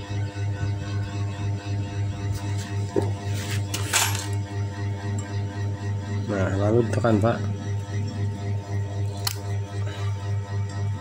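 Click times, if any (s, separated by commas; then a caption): 9.3 s. On a motorcycle cylinder head of the type used in the CB150R, Sonic and Supra GTR, metal valve keepers (collets) are lined up in the centre of an engine valve's spring retainer and pressed down. A steady low hum runs throughout while someone talks, with a few scattered metallic taps. A sharp click at 9.3 s marks the keepers locking into the retainer, confirmed seated.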